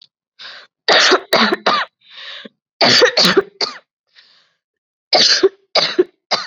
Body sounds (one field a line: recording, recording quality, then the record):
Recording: heavy voluntary cough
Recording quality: excellent, no background noise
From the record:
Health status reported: COVID-19 positive, mild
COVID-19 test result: positive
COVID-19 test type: RT-PCR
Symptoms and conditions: cough, fever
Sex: female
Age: 19 years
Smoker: no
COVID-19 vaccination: both doses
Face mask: worn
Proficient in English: yes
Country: India